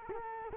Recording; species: mosquito wingbeat signal from an infrared sensor; Culex quinquefasciatus